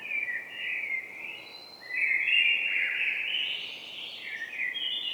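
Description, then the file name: Common blackbird song, a continuous mellow warbling run with brief higher twitters, over a steady quiet background hiss. "Turdus merula"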